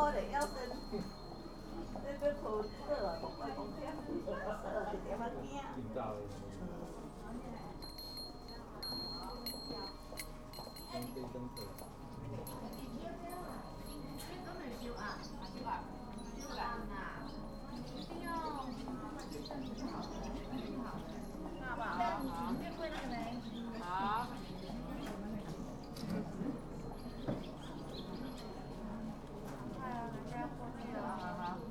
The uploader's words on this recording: Recordings I made on the 25 May 2017 during a day of wandering in Kanazawa, an important cultural town on the west coast of Honshu Japan.